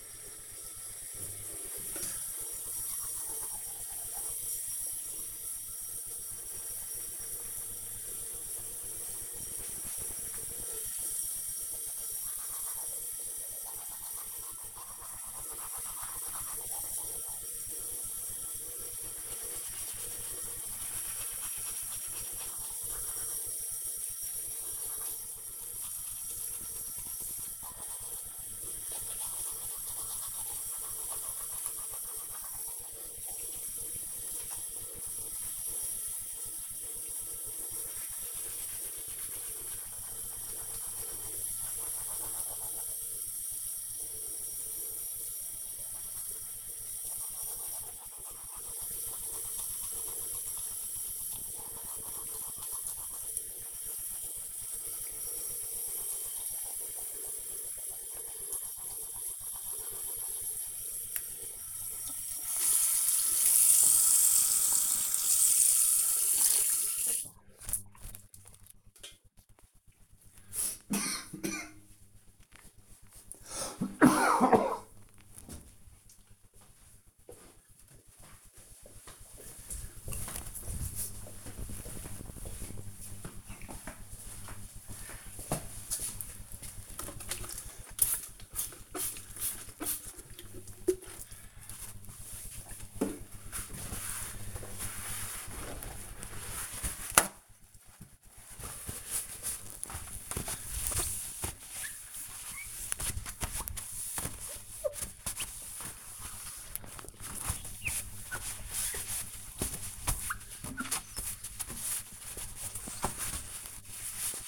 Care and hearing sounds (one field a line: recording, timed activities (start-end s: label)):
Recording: household activities, microphone on the right wrist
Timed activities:
0.00-67.80 s: brushing teeth
86.91-114.48 s: window cleaning